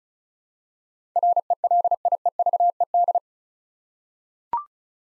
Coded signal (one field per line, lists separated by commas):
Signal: Morse code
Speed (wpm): 36 wpm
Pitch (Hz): 700 Hz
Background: none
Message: RELIEVED